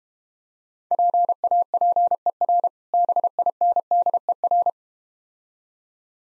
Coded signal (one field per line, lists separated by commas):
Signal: Morse code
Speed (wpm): 32 wpm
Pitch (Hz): 700 Hz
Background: none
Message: PAPER BINDER